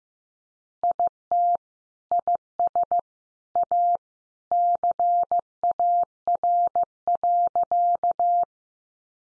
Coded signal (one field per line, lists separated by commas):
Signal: Morse code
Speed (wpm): 15 wpm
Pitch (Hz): 700 Hz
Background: none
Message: IT IS A CAR.